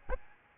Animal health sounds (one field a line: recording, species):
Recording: mosquito wingbeat signal from an infrared sensor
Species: Aedes albopictus